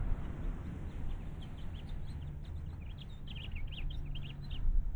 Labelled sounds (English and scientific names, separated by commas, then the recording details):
House Finch (Haemorhous mexicanus) song
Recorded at North Valley Stream on Long Island, New York, on 11 June 1975
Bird A